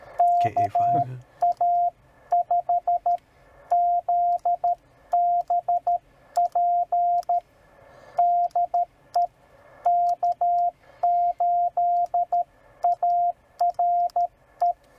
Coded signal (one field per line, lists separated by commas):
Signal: Morse code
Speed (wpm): 13 wpm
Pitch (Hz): 700 Hz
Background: radio noise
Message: KA5 ZBP DE K8ARE